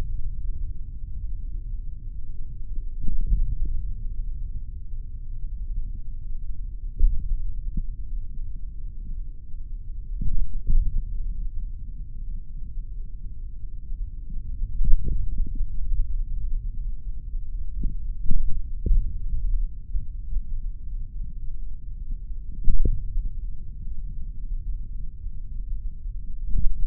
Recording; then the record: forearm muscle sounds (acoustic myography)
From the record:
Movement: finger pinch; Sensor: system 3, bracelet of six PUI Audio POM-2738L microphones around the upper forearm, with dedicated amplification and filtering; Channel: 3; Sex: male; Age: 26 years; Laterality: right